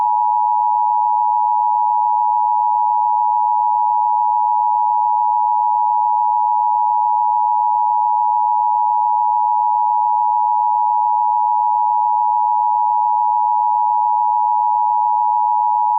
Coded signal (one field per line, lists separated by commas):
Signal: Emergency Alert System (SAME) tones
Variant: 853 and 960 Hz attention tone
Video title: EAS Classic: Easter Bunny Bandit EAS (Easter Sunday Special 2009/2017)